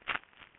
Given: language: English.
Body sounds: throat vibration sensor signal played as sound; swallow

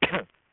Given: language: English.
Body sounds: throat vibration sensor signal played as sound; cough

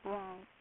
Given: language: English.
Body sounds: throat vibration sensor signal played as sound; speech

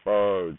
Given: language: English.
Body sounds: throat vibration sensor signal played as sound; speech

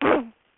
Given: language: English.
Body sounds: throat vibration sensor signal played as sound; throat clearing

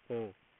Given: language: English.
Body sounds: throat vibration sensor signal played as sound; speech

